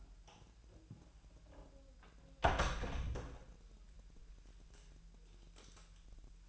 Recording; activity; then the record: daily activity, microphone in the room; close door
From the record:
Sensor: 2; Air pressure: 1001.2 hPa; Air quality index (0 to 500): 248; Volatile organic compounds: 86 ppm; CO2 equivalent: 3658 ppm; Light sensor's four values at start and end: 10/24/10/10 and 10/23/10/10